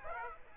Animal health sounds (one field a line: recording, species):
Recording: mosquito wingbeat signal from an infrared sensor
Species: Aedes aegypti